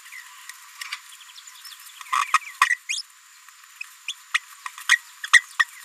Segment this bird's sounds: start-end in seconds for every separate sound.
2.34-2.38, 2.70-2.74, 2.89-2.96, 4.08-4.13, 4.34-4.37, 4.66-4.67, 4.89-4.98, 5.33-5.41, 5.59-5.64